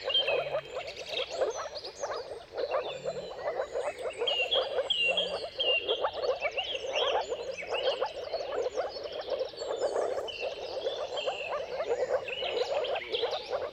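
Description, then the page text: Moor frog mating chorus, steady overlapping soft bubbling notes, layered under a busy dawn chorus of twittering and whistling birds. Mating calls of a moor frog chorus at sunrise, at the turn of March and April, depending on the weather. "Jakub-Orzecki moor frogs. Dawn’s Chorus: Mating Calls of Marsh Frogs at Sunrise. Depending on the weather at the turn of March and April, you can witness an amazing spectacle of moor frogs"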